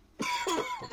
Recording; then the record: coughing mixed with background sound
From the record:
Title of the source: Dry Coughing Fit in the Afternoon.